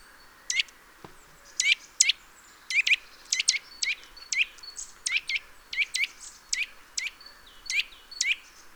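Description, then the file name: Eurasian nuthatch giving sharp calls, single and doubled, repeated in a series throughout over a quiet background. "Sitta europaea"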